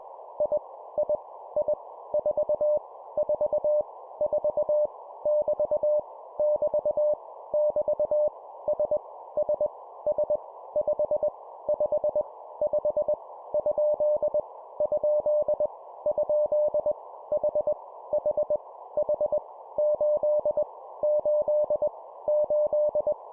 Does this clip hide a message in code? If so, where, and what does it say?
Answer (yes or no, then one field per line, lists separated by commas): yes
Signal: Morse code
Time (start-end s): 0.4-23.1 s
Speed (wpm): 21 wpm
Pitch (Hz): 600 Hz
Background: none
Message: I I I 4 4 4 <BT> <BT> <BT> S S S 5 5 5 ? ? ? H H H 8 8 8